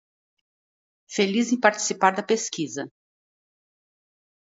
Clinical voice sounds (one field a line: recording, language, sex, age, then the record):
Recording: spoken sentence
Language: Brazilian Portuguese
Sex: female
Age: 60 to 69 years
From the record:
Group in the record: control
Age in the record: 64 years